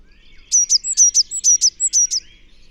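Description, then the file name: Eurasian blue tit call, a rapid series of high, thin, clipped notes over about one and a half seconds, quiet before and after. "Cyanistes caeruleus"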